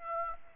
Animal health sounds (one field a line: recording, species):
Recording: mosquito wingbeat signal from an infrared sensor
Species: Aedes aegypti